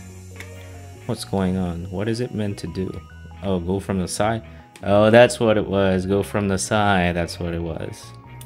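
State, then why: Not seated. A modular Insta360 ONE R action camera module is handled at its plastic mounting bracket frame while someone talks, after failing to fit it on straight and working out that it goes in from the side. Faint handling noises are heard under the talk, with a brief tick near 0.4 s and another at the very end. Nothing has seated or clicked yet.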